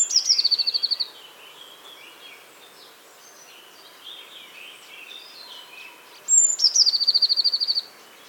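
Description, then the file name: Eurasian blue tit giving high, rapid trills, one at the start and another around six seconds, each opened by a thin high note, with softer notes between. "Cyanistes caeruleus"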